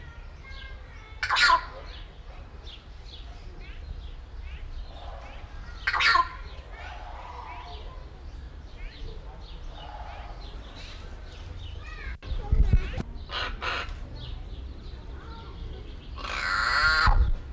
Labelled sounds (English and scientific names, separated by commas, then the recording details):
Southern Screamer (Chauna torquata) call
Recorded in captivity
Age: adult
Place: Zoo Berlin, Berlin, DE
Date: 1994-06-11 11:46
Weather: heiter, 12-16°C
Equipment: Marantz CP 430, Sennheiser ME 80, Kopie Uher Variocord 263
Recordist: Tembrock, Günter